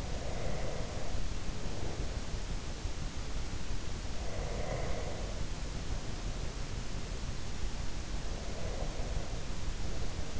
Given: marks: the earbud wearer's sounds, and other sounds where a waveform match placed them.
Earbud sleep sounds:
sounds in sleep by an in-ear microphone; breath
0.00-2.18 s: breath
4.10-5.44 s: breath
8.29-10.40 s: breath

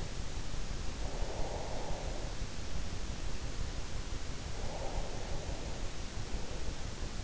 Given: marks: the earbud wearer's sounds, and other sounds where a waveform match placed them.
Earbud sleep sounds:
sounds in sleep by an in-ear microphone; breath
0.69-2.60 s: breath
4.34-6.18 s: breath

